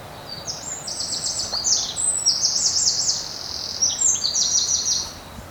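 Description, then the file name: Eurasian wren song, long loud high trilling phrase of rapid notes running for several seconds, over steady background noise. "Troglodytes troglodytes"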